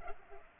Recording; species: mosquito wingbeat signal from an infrared sensor; Culex pipiens